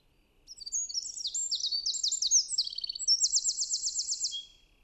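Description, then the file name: Eurasian wren song, a loud rapid outpouring of high trills and sharp notes lasting about four seconds, ending in a fast even rattle, in a quiet background. "Troglodytes troglodytes"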